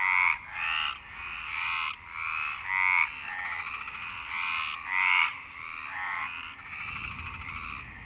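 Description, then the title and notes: Several frogs give loud, grating croaks in quick succession, the chorus thinning toward the end. Frogs at Parc Longchamp, Marseille, Provence-Alpes-Côte d'Azur, France; 26 March 2011 at 19:35; recorded with a MixPre-6 and Basic UCHO. "Marseille, Provence-Alpes-Côte d'Azur, France - 26_03_11_19_35 Longchamps_004 grenouilles. Grenouilles au parc de Longchamp MIXPRE 6 + BASIC UCHO"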